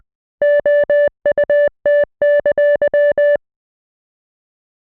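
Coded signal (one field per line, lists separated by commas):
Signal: Morse code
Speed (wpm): 20 wpm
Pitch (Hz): 580 Hz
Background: none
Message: OUT!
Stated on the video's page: International Morse made with a Morse code translator, not keyed by hand.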